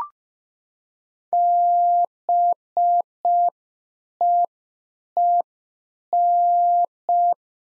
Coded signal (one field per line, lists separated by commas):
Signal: Morse code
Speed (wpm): 5 wpm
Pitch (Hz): 700 Hz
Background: none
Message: BEEN